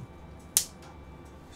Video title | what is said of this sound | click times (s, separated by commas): BUDGET Camera TRIPOD with 3-Way Swivel Head ✅✅✅ | and then lock into place again | 0.6 s